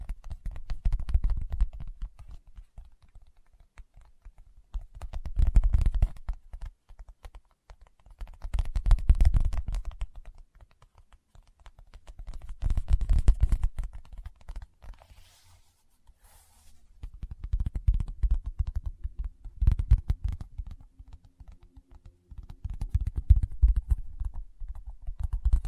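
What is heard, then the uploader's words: Fingertip tapping comes in dense bursts of quick, soft taps, swelling roughly every four seconds, with low thumps and short quiet gaps between. ASMR Tapping with Fingertips (No Talking).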